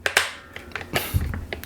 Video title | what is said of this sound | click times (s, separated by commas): Can the NEW SwitchBot K10+ PRO Robot Vacuum Change My Mind? | apparently you should just hear a clicking sound when it goes on. | 0.1 s